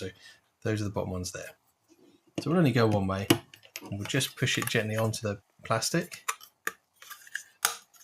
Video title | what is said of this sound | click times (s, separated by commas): Batmobile 1989 1/8 Build - Fanhome/DeAgostini — Pack 2 | and it clicks into place quite easy. | 6.7 s, 7.6 s